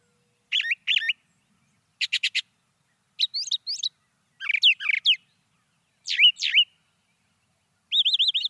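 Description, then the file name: Brown thrasher singing a sequence of varied doubled phrases, rapid clipped notes, downslurs and a final quick trilled series, each phrase followed by a short pause. "suara kicauan brown thrasher. omkicau"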